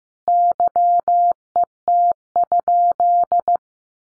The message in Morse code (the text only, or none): YET?